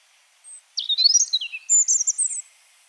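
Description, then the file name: European robin song: a brief high note, then a varied phrase of thin sweeping whistles and quick trills. "Erithacus rubecula"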